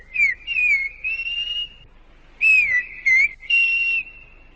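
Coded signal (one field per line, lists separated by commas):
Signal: whistled language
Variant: Silbo Gomero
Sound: clear human whistle gliding up and down in two phrases, about six segments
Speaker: sabemos por ejemplo que en la gomera se Silva desde finales del siglo 17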